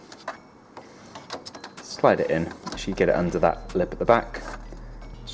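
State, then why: Not seated. A new plastic ink cartridge is slid into the cartridge holder of a Canon Pixma TS6350/TS6351 printer and lined up under the lip at the back, with small plastic scrapes and taps early on while someone talks. It has not been pressed down yet, so nothing has seated or clicked in this stretch.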